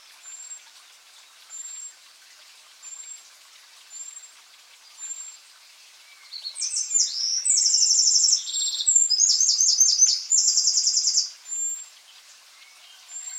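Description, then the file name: Eurasian wren song: thin high whistled notes repeated about every second, then a loud, rapid, rattling trill of piercing notes lasting around five seconds. "Troglodytes troglodytes"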